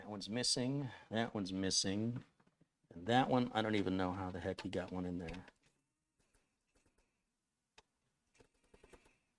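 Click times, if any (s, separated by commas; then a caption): 7.8 s. Someone talks for the first five and a half seconds while working on a PC, then it goes quiet as a screw is removed from a motherboard in the case. A short, faint click at 7.8 s marks the brass standoff turning out of the case together with the screw, followed by a few soft scrapes and ticks. The standoff's thread is stripped or cross-threaded.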